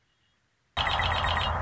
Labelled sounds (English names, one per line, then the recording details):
Red-winged Blackbird
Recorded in Sonoma County, California